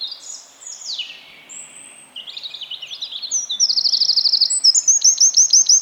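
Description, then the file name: Eurasian wren song, opening with thin slurred whistles, then building into an energetic, rapid series of high trills and clicking notes. "Troglodytes troglodytes"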